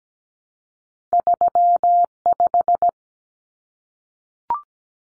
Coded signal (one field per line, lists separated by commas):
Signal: Morse code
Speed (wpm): 17 wpm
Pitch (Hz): 700 Hz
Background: none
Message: 35